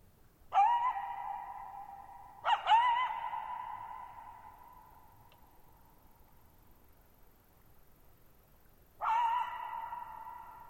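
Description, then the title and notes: Coyote giving sharp barks in three bursts, with long echoing tails fading between them in an otherwise quiet night. Lone coyote at night, July 14, 2019, Thirtymile Meadows, Okanogan National Forest, Okanogan High Country, Pacific Northwest; shallow-bowl meadow at 6400 ft on dry high plateau, very quiet, long natural reverberation. "Lone Coyote at Thirtymile Meadows. I spent the night of July 14, 2019, camped near Thirtymile Meadows in the Okanogan National Forest at 6400 ft (1950 m)"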